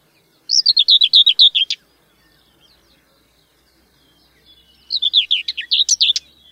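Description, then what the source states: Common Whitethroat song: two short, scratchy, jumpy high-pitched phrases, each just over a second long, separated by a pause of about three seconds, with quiet background. Song resembles Barred Warbler's but with shorter strophes delivered very precisely; each note in the jumpy song given only once; found in places similar to Barred Warbler.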